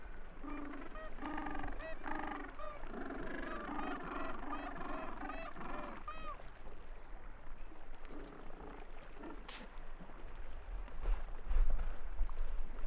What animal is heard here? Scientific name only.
Pygoscelis papua